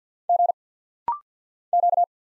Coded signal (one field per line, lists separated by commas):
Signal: Morse code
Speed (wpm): 49 wpm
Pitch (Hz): 700 Hz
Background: none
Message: G Q